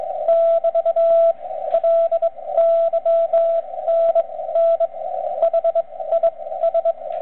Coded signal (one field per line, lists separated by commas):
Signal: Morse code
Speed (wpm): 21 wpm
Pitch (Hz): 670 Hz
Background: radio noise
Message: <BT> LYNN HIS